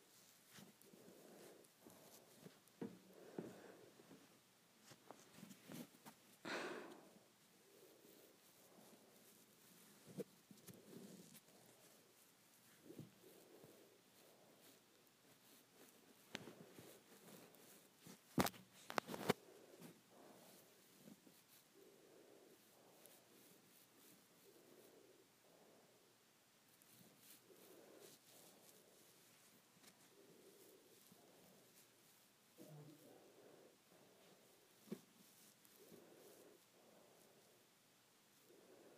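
Hair being handled and played with, a soft irregular rustling and brushing that comes in short bursts throughout. Sharper scratchy strokes stand out near 6 and 18–19 seconds, with quieter, steadier rubbing between them and a faint low hum underneath.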